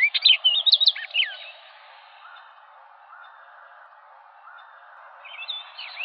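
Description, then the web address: Orchard oriole giving a burst of rapid warbled whistles and chirps, then a quiet pause with faint soft notes, before another brief whistled phrase begins. "Orchard Oriole 2007 01 04 Orchard Oriole"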